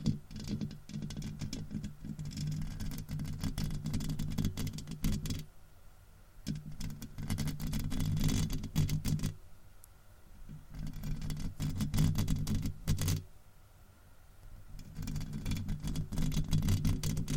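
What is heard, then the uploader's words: Rough scratching and rubbing on a microphone, a dense crackle of scrapes over a heavy low rumble that sounds muffled. It comes in bursts of a few seconds, easing into quieter hissing gaps around 6, 10 and 14 seconds before starting again. ASMR Mic Scratching.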